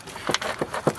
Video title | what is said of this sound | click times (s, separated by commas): 99 Ford F150 Heater Core Lines | And it's dead. It clicked right in. | 0.3 s